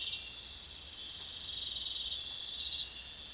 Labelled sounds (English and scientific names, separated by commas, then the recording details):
none
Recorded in pastures near Puerto Asís, Putumayo, Colombia, on 22 June 2025 at 04:00
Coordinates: 0.502, -76.324
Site G010